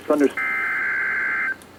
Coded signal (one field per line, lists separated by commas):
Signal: Emergency Alert System (SAME) tones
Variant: header bursts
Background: speech